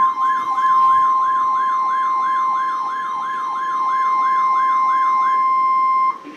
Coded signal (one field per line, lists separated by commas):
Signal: Emergency Alert System (SAME) tones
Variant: 1050 Hz attention tone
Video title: (RARE) High Wind Warning (EAS #1463-1465)